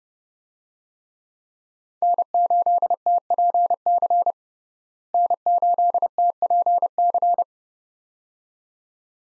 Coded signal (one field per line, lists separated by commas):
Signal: Morse code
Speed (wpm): 30 wpm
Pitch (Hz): 700 Hz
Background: none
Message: N8TPC N8TPC